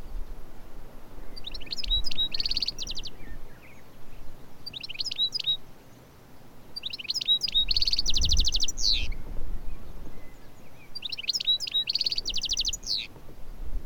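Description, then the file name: European goldfinch twittering in short bursts of quick, liquid, high notes, repeated every few seconds over a steady low rumble of wind or background noise. "Carduelis carduelis"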